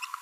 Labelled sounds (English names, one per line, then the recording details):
Green-rumped Parrotlet babbling
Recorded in a nest box in Venezuela
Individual 18B25A3